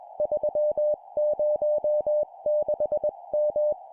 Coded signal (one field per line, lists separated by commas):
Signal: Morse code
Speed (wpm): 21 wpm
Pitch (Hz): 600 Hz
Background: music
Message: 306M